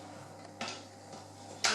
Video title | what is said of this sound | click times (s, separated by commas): Visite guidée du Cook Expert de Magimix | voilà avec la CU avec la cuve il se clipse simplement | 1.6 s